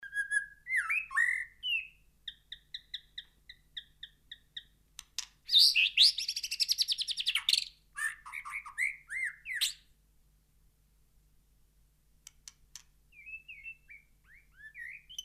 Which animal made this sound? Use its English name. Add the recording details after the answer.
White-rumped Shama. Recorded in captivity. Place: Kaiserslautern, Rheinland-Pfalz, DE. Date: 1982-04-02. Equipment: Nagra IV. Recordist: Tretzel, Erwin